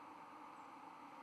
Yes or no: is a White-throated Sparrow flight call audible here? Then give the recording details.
yes. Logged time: 00:04 on 31 October 2014